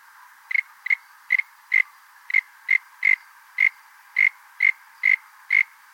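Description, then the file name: Frog starts calling after a half-second pause, then repeats short, clicky notes about twice a second, fairly evenly spaced over a light hiss. Unidentified frog species from Australia. "ANIMAL FROG 01 UNKNOWN AUSTRALIAN 02"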